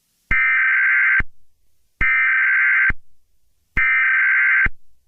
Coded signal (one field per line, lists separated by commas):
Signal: Emergency Alert System (SAME) tones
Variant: header bursts